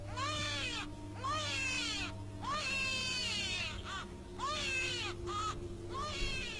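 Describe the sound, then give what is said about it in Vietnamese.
A newborn baby, just born, cries outside in a run of shrill, wavering wails, each breaking off briefly before the next, with a steady low hum underneath. “Bỗng nhiên lúc ấy, ở bên ngoài vang lên tiếng trẻ con khóc, cùng với âm thanh kêu báo là đã sinh rồi.”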